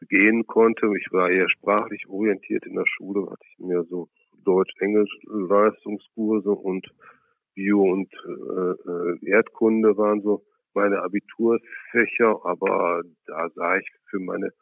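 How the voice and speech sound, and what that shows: An adult man speaks German fluently overall, in a low, steady voice, but several sounds are stretched for about half a second, with pauses between phrases. These prolongations are a mild form of stuttering, with lengthened sounds rather than blocks, in a man who stuttered severely with strong blocks at school and until about age 25.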